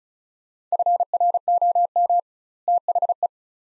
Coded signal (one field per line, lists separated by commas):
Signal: Morse code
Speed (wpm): 36 wpm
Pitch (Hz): 700 Hz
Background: none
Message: FROM THE